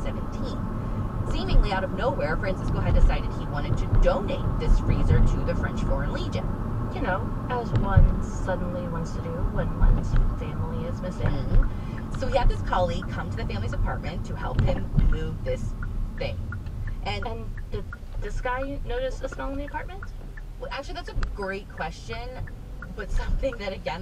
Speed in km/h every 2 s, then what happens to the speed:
40, 42, 42, 42, 39, 35, 29, 24, 13, 8, 6, 8.
0-6 steady at about 42. 6-19 slows to 6.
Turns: 15-20.